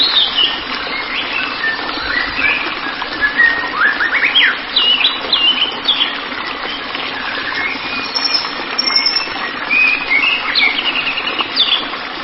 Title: Kicau Murai Batu